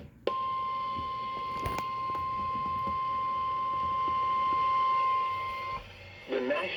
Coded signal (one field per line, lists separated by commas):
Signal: Emergency Alert System (SAME) tones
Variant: 1050 Hz attention tone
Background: speech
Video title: EAS #122 - Severe Thunderstorm Warning